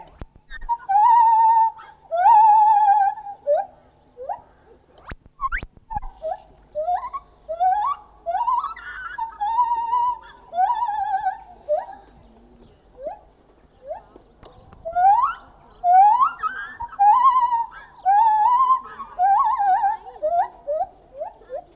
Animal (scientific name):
Hylobates lar